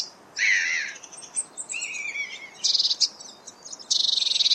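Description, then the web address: Eurasian blue tit calling: a harsh wavering note, thin downslurred notes, then quick buzzy rattles ending in a sustained churring burst. "Deverinetal 2025 File origin Bird Only Cy Ca"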